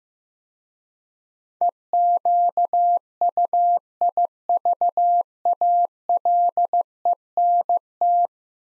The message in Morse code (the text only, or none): EQUIVALENT